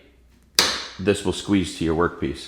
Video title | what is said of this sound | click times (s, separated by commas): How to build a cabinet & How to create a cut list | uh it it really locks in place and it really helps when you're driving these screws it prevents your uh material from shifting | 0.6 s